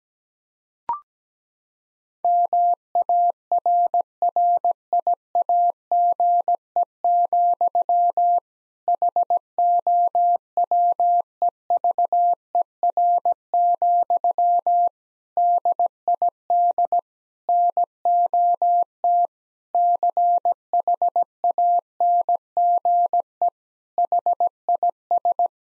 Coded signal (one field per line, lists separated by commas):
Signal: Morse code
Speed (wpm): 17 wpm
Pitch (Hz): 700 Hz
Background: none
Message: MARRIAGE, HOWEVER, DID NOT CHANGE HIS